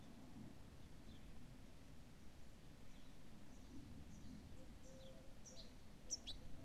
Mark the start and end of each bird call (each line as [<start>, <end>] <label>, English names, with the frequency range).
[1.06, 1.20] House Sparrow (3.0-4.3 kHz)
[2.92, 3.11] House Sparrow (3.1-4.2 kHz)
[4.55, 4.63] European Robin (5.9-8.4 kHz)
[4.97, 5.12] House Sparrow (3.0-4.2 kHz)
[5.45, 5.64] European Goldfinch (3.7-7.9 kHz)
[6.08, 6.34] European Goldfinch (2.8-8.4 kHz)